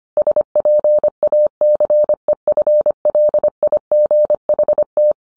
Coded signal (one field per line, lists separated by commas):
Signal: Morse code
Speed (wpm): 25 wpm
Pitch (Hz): 600 Hz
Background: none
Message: SPACEFLIGHT